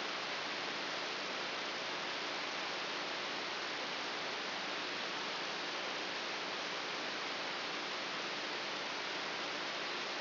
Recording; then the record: brain microelectrode recording played as sound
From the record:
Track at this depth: inside the subthalamic nucleus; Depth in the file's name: 3.202 mm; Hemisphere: right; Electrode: 3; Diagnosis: Parkinson's disease